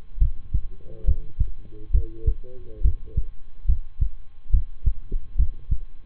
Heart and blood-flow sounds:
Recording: heart sounds by stethoscope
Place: between the tricuspid and mitral areas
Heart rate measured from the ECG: 70 bpm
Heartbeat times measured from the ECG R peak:
0.18 s: heartbeat
1.04 s: heartbeat
1.91 s: heartbeat
2.81 s: heartbeat
3.65 s: heartbeat
4.50 s: heartbeat
5.35 s: heartbeat
From the record:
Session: rest, lying down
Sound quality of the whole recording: good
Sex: male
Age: 23 years

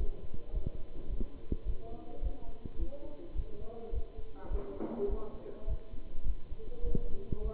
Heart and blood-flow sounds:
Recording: heart sounds by stethoscope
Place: between the tricuspid and mitral areas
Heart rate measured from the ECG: 105 bpm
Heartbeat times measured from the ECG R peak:
0.54 s: heartbeat
1.11 s: heartbeat
1.67 s: heartbeat
2.24 s: heartbeat
2.80 s: heartbeat
3.37 s: heartbeat
3.94 s: heartbeat
4.52 s: heartbeat
5.10 s: heartbeat
5.69 s: heartbeat
6.27 s: heartbeat
6.85 s: heartbeat
7.43 s: heartbeat
From the record:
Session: Bruce protocol treadmill stress test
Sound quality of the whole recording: good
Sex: male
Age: 27 years

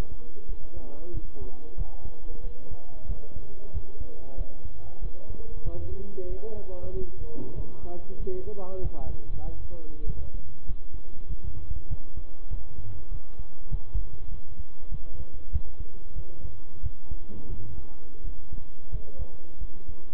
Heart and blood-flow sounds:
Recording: heart sounds by stethoscope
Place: between the tricuspid and mitral areas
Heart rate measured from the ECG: 94 bpm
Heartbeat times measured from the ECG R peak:
0.49 s: heartbeat
1.14 s: heartbeat
1.78 s: heartbeat
2.44 s: heartbeat
3.09 s: heartbeat
3.74 s: heartbeat
4.38 s: heartbeat
5.02 s: heartbeat
5.65 s: heartbeat
6.29 s: heartbeat
6.94 s: heartbeat
7.56 s: heartbeat
8.20 s: heartbeat
8.83 s: heartbeat
9.45 s: heartbeat
10.07 s: heartbeat
10.68 s: heartbeat
11.29 s: heartbeat
11.90 s: heartbeat
12.51 s: heartbeat
13.11 s: heartbeat
13.71 s: heartbeat
14.31 s: heartbeat
14.92 s: heartbeat
15.53 s: heartbeat
16.16 s: heartbeat
16.83 s: heartbeat
17.49 s: heartbeat
18.24 s: heartbeat
18.92 s: heartbeat
19.61 s: heartbeat
From the record:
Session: bicycle stress test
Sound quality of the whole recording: good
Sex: male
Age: 23 years

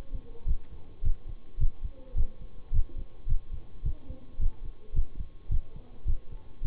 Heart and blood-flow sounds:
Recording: heart sounds by stethoscope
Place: between the tricuspid and mitral areas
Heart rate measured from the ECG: 107 bpm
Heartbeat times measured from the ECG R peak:
0.46 s: heartbeat
1.03 s: heartbeat
1.58 s: heartbeat
2.15 s: heartbeat
2.72 s: heartbeat
3.27 s: heartbeat
3.83 s: heartbeat
4.39 s: heartbeat
4.94 s: heartbeat
5.49 s: heartbeat
6.06 s: heartbeat
6.62 s: heartbeat
From the record:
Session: bicycle stress test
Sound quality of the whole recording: good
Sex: male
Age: 26 years

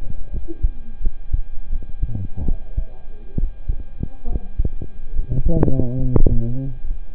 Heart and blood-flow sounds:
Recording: heart sounds by stethoscope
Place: between the tricuspid and mitral areas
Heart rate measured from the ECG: 73 bpm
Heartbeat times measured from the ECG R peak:
0.31 s: heartbeat
1.01 s: heartbeat
1.70 s: heartbeat
2.46 s: heartbeat
3.38 s: heartbeat
4.28 s: heartbeat
5.13 s: heartbeat
5.99 s: heartbeat
6.85 s: heartbeat
From the record:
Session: rest, sitting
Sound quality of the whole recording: good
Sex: male

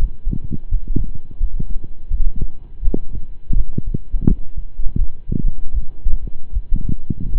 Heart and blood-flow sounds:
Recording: heart sounds by stethoscope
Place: between the tricuspid and mitral areas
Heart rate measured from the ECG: 82 bpm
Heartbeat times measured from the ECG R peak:
0.68 s: heartbeat
1.37 s: heartbeat
2.08 s: heartbeat
2.80 s: heartbeat
3.53 s: heartbeat
4.25 s: heartbeat
4.96 s: heartbeat
5.71 s: heartbeat
6.51 s: heartbeat
7.29 s: heartbeat
From the record:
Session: slow and fast walking with breaks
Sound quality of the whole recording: saturated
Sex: male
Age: 25 years

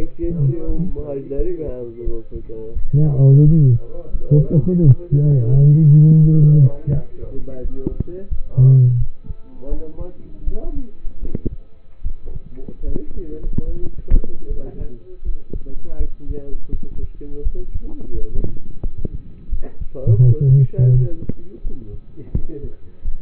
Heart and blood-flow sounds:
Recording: heart sounds by stethoscope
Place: between the tricuspid and mitral areas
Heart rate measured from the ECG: 83 bpm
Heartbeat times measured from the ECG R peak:
0.66 s: heartbeat
1.36 s: heartbeat
2.03 s: heartbeat
2.73 s: heartbeat
3.43 s: heartbeat
4.11 s: heartbeat
4.81 s: heartbeat
5.51 s: heartbeat
6.21 s: heartbeat
6.92 s: heartbeat
7.61 s: heartbeat
8.28 s: heartbeat
8.98 s: heartbeat
9.68 s: heartbeat
10.44 s: heartbeat
11.20 s: heartbeat
12.02 s: heartbeat
12.84 s: heartbeat
13.65 s: heartbeat
14.48 s: heartbeat
15.23 s: heartbeat
15.97 s: heartbeat
16.70 s: heartbeat
17.42 s: heartbeat
18.12 s: heartbeat
18.82 s: heartbeat
19.49 s: heartbeat
20.18 s: heartbeat
20.91 s: heartbeat
21.62 s: heartbeat
22.33 s: heartbeat
23.02 s: heartbeat
From the record:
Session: rest, lying down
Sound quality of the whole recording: partially saturated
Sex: male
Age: 27 years

